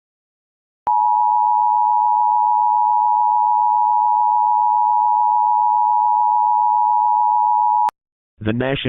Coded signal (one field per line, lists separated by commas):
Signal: Emergency Alert System (SAME) tones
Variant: 853 and 960 Hz attention tone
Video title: EAS Scenario part 1: It’s just the beginning..